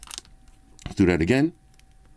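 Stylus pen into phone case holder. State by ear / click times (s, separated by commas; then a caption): not seated / none. An S Pen stylus is handled against the holder of a slim Samsung Galaxy Z Fold 5 case on a repeat attempt; it must lie flat to snap in. Light handling taps and clicks are heard, and someone talks briefly in the middle. Nothing has seated or snapped into place yet.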